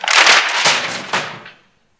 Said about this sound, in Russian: Марта уходит. Джордж встает, размахнувшись, швыряет книгу в колокольчик.